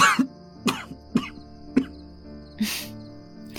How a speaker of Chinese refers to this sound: 那辛辣的滋味入喉，令他不适地咳嗽了两声。